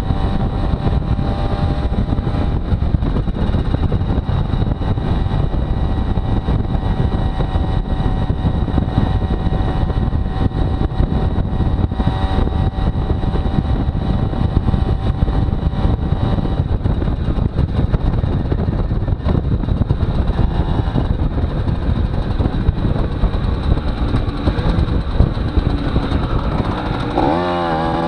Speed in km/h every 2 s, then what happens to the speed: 44, 43, 42, 42, 42, 42, 43, 42, 40, 38, 36, 29, 21, 23.
0-13 steady at about 42. 13-24 slows to 21.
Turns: none.